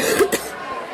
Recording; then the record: coughing mixed with background sound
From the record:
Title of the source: 30 Chesty and wet cough